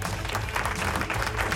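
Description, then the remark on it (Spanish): Steady crowd applause played on a radio show broadcast from San Juan, Puerto Rico: a dense rush of many hands clapping at once with no pauses, fairly loud and even throughout. “Así que, como siempre, el Lechón Atómico no encuentra los aplausos, no sabe dónde los puso, porque siempre está todo perdido con los aplausos, pero aquí vienen los aplausos, ya están, aquí llegaron.”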